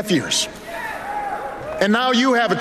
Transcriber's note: cheering and applause